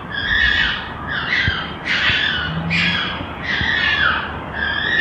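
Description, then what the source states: Red fox fighting calls: harsh, screeching squalls in repeated bursts throughout. More than one red fox; fighting.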